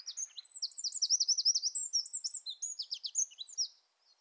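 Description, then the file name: Eurasian wren song, a rapid torrent of high, sharp trilled notes and warbles, poured out almost without pause for about three and a half seconds after a brief buzzy rattle. "Troglodytes troglodytes"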